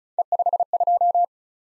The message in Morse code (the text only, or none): E52